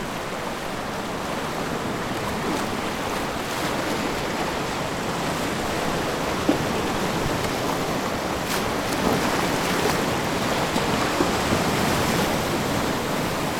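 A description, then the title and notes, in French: A rising tide at Ile-Grande: a steady, dense wash of water with a few faint clicks around seven and nine seconds. Première prise marée montante à l'Ile-Grande. En contrebas de la nursery de la station de la Ligue Pour la Protection des Oiseaux de l'Ile Grande, je dévale prudemment un mur de roches et j'enregistre mon premier son de marée montante sur l'Ile Grande.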